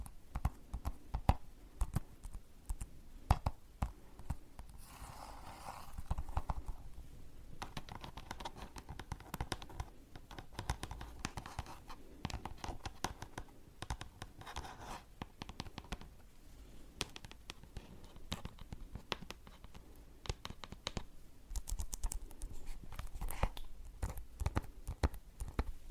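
Tapping goes on throughout, a dense run of quick, light clicks and taps with an uneven, busy rhythm. Some taps land sharper and louder than others. A soft scratching, brushing texture fills the gaps, thickest around five to seven seconds and again near fifteen.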